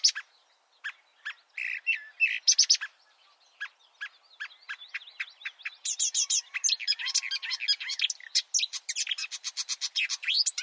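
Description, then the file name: Marsh warbler song, sparse sharp ticks and harsh notes at first, building into a dense, fast jumble of chattering and chirps. "suara-kicauan-burung-marsh-warbler -omkicau"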